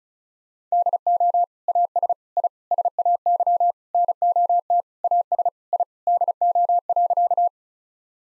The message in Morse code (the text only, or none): DO AS I SAY NOT AS I DO.